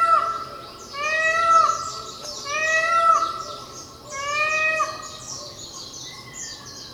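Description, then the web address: Indian peafowl calling several loud, nasal, mewing wails about one and a half seconds apart, each with a rich harmonic tone. Recorded on Miyakojima on 30 April 2016. "koe indokujaku 160430 miyakojima uemurashingo"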